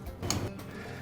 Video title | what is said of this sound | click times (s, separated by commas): MiTee Post-Style Attic Lift Installation Guide – 1,000 lb Capacity Overhead Storage Elevator | you will raise this clip up until you hear it click | 0.3 s